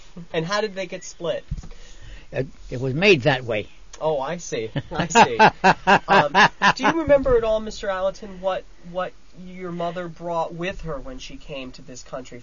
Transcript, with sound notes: And how did they get split?
It was made that way.
Oh, I see. (they laugh) Do you remember at all, Mr. Allatin what, what your mother brought with her when she came to this country?